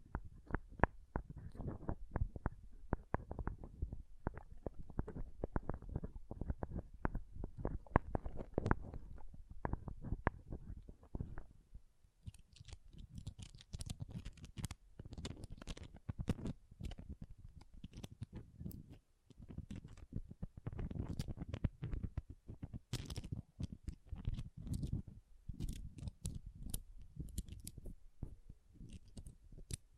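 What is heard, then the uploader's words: Pom pom tingles: a steady stream of soft, rapid rustling and fluffy scratching, dense and busy throughout. For the first twelve seconds the sounds are muffled and low; after that they turn brighter and crisper, with sharp ticks and brief pauses around nineteen seconds. ASMR Ultimate Pom Pom Tingles (No Talking).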